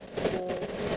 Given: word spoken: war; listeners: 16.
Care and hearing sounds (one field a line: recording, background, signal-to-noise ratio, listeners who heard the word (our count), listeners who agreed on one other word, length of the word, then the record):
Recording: one English word in noise, from a listening test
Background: noise modulated by three-talker babble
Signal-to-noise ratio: -4.3 dB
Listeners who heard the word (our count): 2 of 16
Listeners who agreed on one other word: 8 of 16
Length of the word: 0.57 s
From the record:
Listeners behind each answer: 8, 3, 2, 1, 1, 1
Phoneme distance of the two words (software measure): 7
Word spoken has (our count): 1 syllable, 2 phonemes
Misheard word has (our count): 1 syllable, 3 phonemes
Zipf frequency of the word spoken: 5.34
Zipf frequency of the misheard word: 5.05